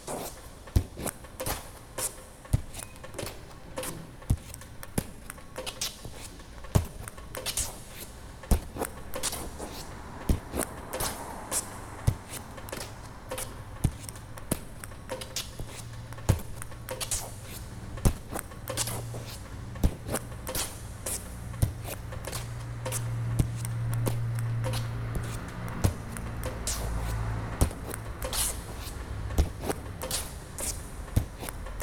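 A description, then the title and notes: A kinetic drawing machine runs on its own, throwing out sharp clicks and knocks at irregular intervals, several each second at times. Beneath them sits a low, steady motor hum that grows slightly stronger and rougher in the second half, with faint scratching throughout. The soundscapes are constructed from recordings of simple autonomous kinetic drawing apparatus that were set up and left to operate for extended periods of time without intervention. The sounds were manipulated by layering, time shifting, EQ and other simple effects.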